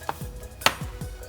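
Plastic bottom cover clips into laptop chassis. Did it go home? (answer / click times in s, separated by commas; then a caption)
yes / 0.1 s, 0.7 s. The plastic bottom cover of an Asus VivoBook F512D laptop is hooked in at the hinge side and pressed firmly onto the chassis. Two sharp, short snaps at 0.1 s and 0.7 s mark its plastic clips snapping into place, and the cover is seated.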